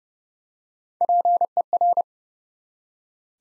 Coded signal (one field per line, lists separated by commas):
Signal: Morse code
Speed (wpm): 30 wpm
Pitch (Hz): 700 Hz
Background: none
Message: PER